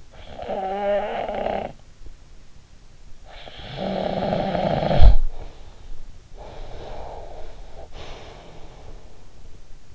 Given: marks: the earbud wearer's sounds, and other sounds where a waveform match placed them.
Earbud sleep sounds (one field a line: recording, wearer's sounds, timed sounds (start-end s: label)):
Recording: sounds in sleep by an in-ear microphone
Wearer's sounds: snoring breath, breath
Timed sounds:
0.00-1.88 s: snoring breath
3.25-6.04 s: snoring breath
6.30-9.45 s: breath